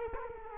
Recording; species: mosquito wingbeat signal from an infrared sensor; Culex quinquefasciatus